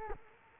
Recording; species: mosquito wingbeat signal from an infrared sensor; Culex quinquefasciatus